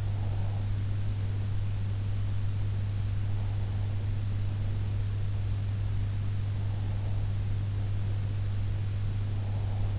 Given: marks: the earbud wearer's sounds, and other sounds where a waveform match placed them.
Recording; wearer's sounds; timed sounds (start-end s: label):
sounds in sleep by an in-ear microphone; breath
0.00-0.70 s: breath
9.32-9.99 s: breath